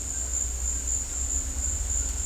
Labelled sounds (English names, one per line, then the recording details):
none
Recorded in dense forest near Puerto Asís, Putumayo, Colombia, on 16 December 2024 at 16:30
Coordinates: 0.466, -76.327
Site G075